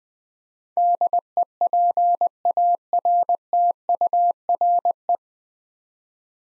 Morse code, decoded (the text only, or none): DEPARTURE